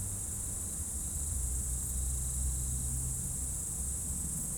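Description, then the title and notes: Insects sustaining a high, even chorus while a low engine-like hum drones beneath, swelling slightly midway through. Insect chorus in roadside bank and trees at dusk, first hairpin bend of Col du Chat road, Bourdeau, France; a few vehicles; Tascam DAP1 DAT recorder, from a CDR burned 2006. "route col du Chat, Bourdeau, France - Tutti insectes. Dans la première épingle de la route du col du Chat à Bourdeau, insectes dans le talus et les arbres au crépuscule, avion, quelques véhicules"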